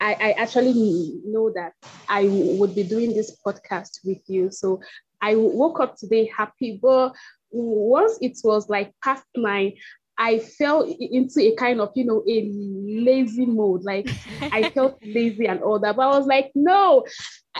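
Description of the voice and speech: An adult Nigerian woman who has stuttered since early childhood speaks conversationally with an opening part-word repetition ("I- I") and several stretched sounds followed by short halts mid-phrase. These are mild stuttering disfluencies in otherwise steady, clear speech.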